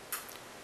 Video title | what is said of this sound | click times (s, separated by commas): Leatherman Wave Review | and it also firmly locked into place | 0.1 s